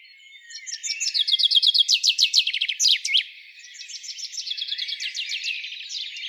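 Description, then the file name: Common chaffinch singing a fast run of sharp repeated notes that builds, then ends with a quick flourish, followed by a quieter trilled song. "Fringilla coelebs"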